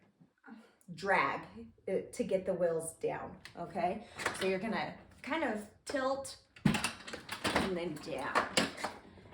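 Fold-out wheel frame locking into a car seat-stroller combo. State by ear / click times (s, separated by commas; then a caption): not seated / none. The fold-out wheel frame of an Evenflo Gold SHYFT car seat-stroller combo is tilted and pushed down toward its extended, locked position while someone talks throughout. Brief handling knocks come at about 6.6 s and 6.8 s, but the wheels have not locked down or clicked yet.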